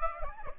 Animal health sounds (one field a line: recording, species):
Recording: mosquito wingbeat signal from an infrared sensor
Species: Aedes aegypti